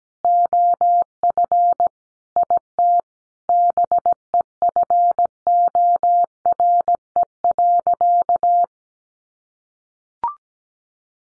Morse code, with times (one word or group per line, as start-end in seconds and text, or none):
0.2-1.9 OF
2.4-3.0 IT
3.5-8.6 BEFORE.